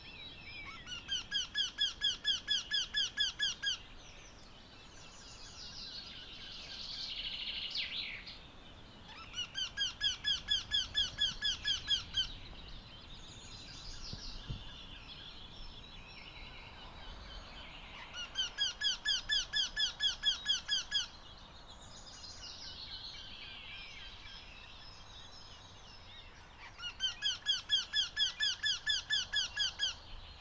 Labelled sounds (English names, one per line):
Eurasian Wryneck song